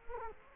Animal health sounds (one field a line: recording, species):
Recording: mosquito wingbeat signal from an infrared sensor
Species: Culex quinquefasciatus